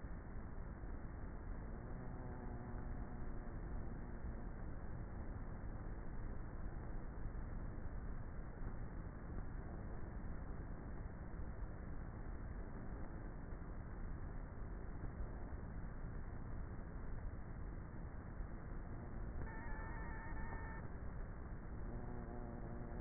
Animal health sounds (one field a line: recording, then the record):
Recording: honeybee colony, microphone inside the hive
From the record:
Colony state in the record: queenless with a low population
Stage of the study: before two queens were removed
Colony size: about 30,000 bees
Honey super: no